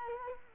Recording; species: mosquito wingbeat signal from an infrared sensor; Culex quinquefasciatus